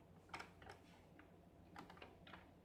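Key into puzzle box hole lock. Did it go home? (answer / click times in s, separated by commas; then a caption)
no / none. A key is handled and pushed down into a hole in a handmade puzzle box, producing a series of light, sharp taps and scrapes, the loudest near 0.3 s and others spread through the clip. Nothing has seated or clicked yet; the clip ends before the internal lock clicks.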